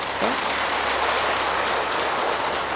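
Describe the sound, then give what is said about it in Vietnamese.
Steady, dense applause from Buddhist congregants of the Diệu Pháp temple, clapping to congratulate themselves on their temple, a continuous hiss of many hands clapping at once that holds an even loudness throughout, with no voices standing out. “Quý vị vô tay chúc mừng mình đi.”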